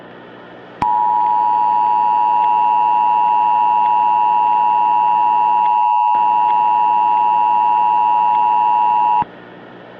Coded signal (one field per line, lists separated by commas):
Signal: Emergency Alert System (SAME) tones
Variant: 853 and 960 Hz attention tone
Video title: EAS Scenario - The False Alarm of 2010